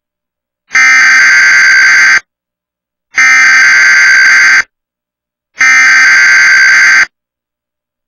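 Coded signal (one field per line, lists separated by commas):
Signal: Emergency Alert System (SAME) tones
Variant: header bursts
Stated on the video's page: Required Weekly Test shown by the TWC TV app on Roku, appearing repeatedly for unrelated cities due to a glitch.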